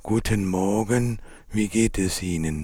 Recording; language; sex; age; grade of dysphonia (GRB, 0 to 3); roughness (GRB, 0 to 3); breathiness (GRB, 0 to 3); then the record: spoken sentence; German; male; 50 to 59 years; 3; 3; 1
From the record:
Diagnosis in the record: cordectomy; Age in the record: 54 years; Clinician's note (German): Zustand danach